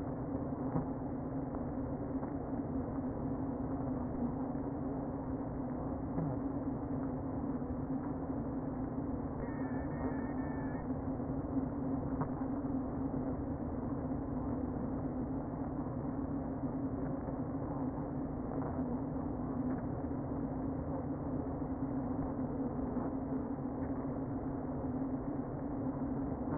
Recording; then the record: honeybee colony, microphone inside the hive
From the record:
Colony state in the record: queen present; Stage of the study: before two queens were removed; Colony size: about 60,000 bees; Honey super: yes